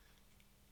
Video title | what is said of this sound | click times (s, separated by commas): Ozempic vs blood sugars vs ecig habit | You might feel it click, don't worry about it, that's good. | 0.4 s